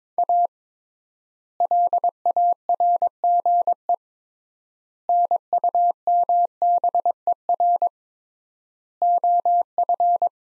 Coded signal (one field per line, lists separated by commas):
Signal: Morse code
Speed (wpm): 22 wpm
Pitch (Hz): 700 Hz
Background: none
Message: A LARGE NUMBER OF